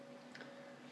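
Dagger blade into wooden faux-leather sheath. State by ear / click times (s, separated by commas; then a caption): seated / 0.3 s. A steel dagger is pushed into a wooden sheath covered in PU faux leather, then shifted sideways so it locks in place. A single sharp tick sounds at 0.4 s over a low steady hum. The dagger is seated and locked in the sheath.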